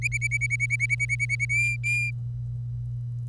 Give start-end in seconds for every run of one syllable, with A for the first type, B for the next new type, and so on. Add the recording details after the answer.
0.02-1.45 A, 1.49-2.11 B. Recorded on 25 April 2018 at 06:02. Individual llb3